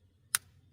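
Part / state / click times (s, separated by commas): spark plug into cylinder head, torque wrench / torque reached / 0.3 s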